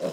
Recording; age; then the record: pig call; piglet (1 to 25 days)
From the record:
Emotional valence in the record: positive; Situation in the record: huddling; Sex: female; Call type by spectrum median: low-frequency call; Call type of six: low-frequency tonal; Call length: 0.13 s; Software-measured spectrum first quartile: 419 Hz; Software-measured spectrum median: 565 Hz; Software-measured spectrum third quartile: 940 Hz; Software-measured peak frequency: 547 Hz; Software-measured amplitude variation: 128 dB a second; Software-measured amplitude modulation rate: 11.5 a second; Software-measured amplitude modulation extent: 11.1 dB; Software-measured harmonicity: 2.7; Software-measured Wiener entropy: -0.84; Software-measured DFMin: 1138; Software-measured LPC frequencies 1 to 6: 549, 2885, 3974, 5143, 6874, 7609 Hz